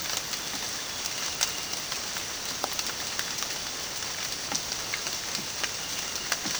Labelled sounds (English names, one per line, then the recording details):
none
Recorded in dense forest near Puerto Asís, Putumayo, Colombia, on 27 June 2025 at 06:00
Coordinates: 0.484, -76.317
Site G045